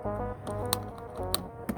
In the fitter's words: Hear that click? Sounds good.